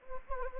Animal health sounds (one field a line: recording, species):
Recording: mosquito wingbeat signal from an infrared sensor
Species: Anopheles gambiae